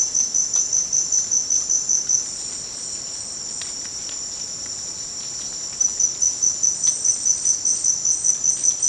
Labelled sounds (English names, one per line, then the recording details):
none
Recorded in dense forest near Puerto Asís, Putumayo, Colombia, on 19 June 2025 at 17:00
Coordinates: 0.484, -76.317
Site G045